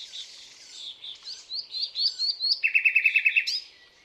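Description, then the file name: Common nightingale song: soft whistled notes build up, then a loud, rapid, even trill ends the phrase. "Luscinia megarhynchos"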